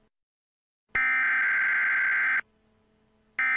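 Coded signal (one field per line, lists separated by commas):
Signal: Emergency Alert System (SAME) tones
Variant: header bursts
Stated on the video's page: Re-created EAS mock of real Amber Alerts, not the original broadcast.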